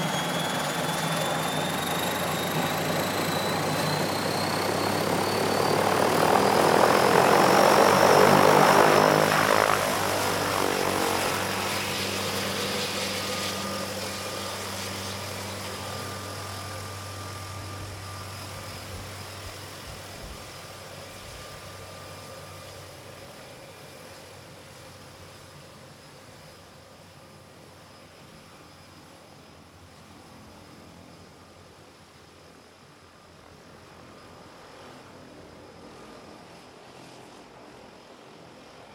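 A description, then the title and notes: A single-engine turboprop plane roars, its engine drone and high turbine whine climbing in pitch and peaking around eight seconds. The sound then steadily fades, leaving a thin hum and whine by the end. De Havilland Canada DHC - 3-T Turbo - Otter by Andy "soundeziner" Martin.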